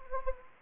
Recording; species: mosquito wingbeat signal from an infrared sensor; Anopheles gambiae